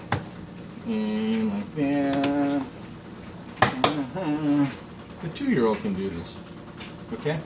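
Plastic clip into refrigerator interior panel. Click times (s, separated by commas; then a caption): 0.1 s. A plastic clip is pressed into an interior panel of a Samsung RS267 refrigerator while its interior is being reassembled during a repair for the side not cooling. One sharp snap at 0.1 s marks the clip seating in place, and two more sharp clicks follow around 3.6 and 3.8 s. Someone talks throughout.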